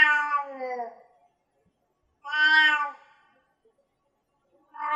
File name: Cat